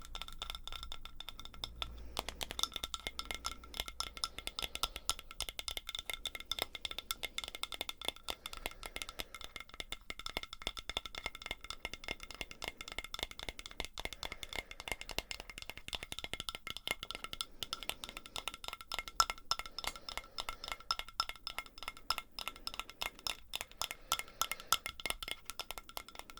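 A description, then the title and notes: Dense, rapid tapping and scratching clicks run throughout, brittle and rattly like light glass clinks, with a steady high ringing tone underneath. FAST TRIGGERS For Intense Tingles (Tapping, Scratching & NO Talking).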